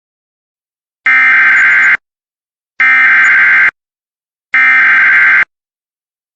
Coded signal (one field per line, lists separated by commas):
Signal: Emergency Alert System (SAME) tones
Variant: header bursts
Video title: EAS Alerts from 10/24/2023